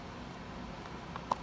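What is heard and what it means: A new filter cartridge slides onto its mount on a respirator mask and is twisted to lock. Over a quiet, steady background, a faint tick at 1.2 s comes before a sharp, short click at 1.3 s as the cartridge locks into place on the mask.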